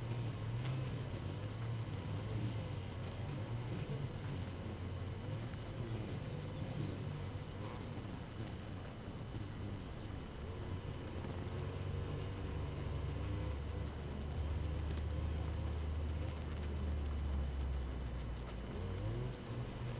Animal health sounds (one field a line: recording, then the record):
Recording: honeybee colony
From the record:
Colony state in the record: active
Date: 12 June 2018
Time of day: 4:20